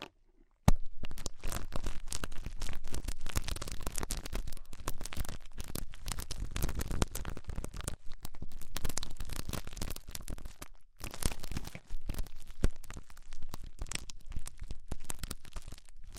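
Ear cleaning sounds with rhinestone and clay removal: dense, scratchy crinkling and tearing textures that run almost without pause after a brief silent start. The rustling is bright and busy, with short gaps near eleven seconds and quieter, sparser stretches toward the end.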